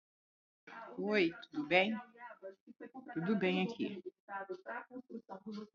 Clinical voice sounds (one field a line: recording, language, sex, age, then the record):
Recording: spoken sentence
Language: Brazilian Portuguese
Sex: female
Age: 60 to 69 years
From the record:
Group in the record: control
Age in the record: 63 years